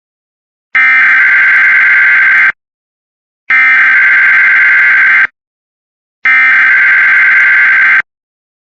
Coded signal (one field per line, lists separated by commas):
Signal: Emergency Alert System (SAME) tones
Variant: header bursts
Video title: Only in Ohio (New EAS 26)